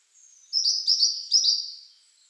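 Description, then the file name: European robin song, a thin high whistle leading into a run of rapid, buzzy-edged high warbled notes. "Erithacus rubecula"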